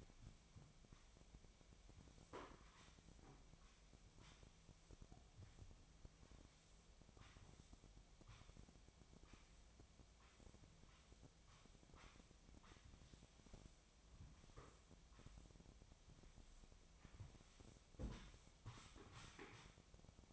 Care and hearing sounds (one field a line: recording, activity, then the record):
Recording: daily activity, microphone in the room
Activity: sweep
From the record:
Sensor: 1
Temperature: 25.6 degrees Celsius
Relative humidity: 38.0%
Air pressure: 1007.0 hPa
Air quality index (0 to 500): 205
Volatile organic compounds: 23 ppm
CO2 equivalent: 2771 ppm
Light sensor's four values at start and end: 12/31/12/13 and 12/32/13/14